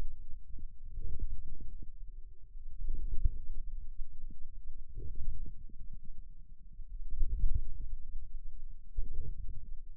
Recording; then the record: forearm muscle sounds (acoustic myography)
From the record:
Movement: inward rotation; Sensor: system 2, bracelet of six BSWA MPA416 microphones around the upper forearm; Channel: 5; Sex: male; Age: 22 years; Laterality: right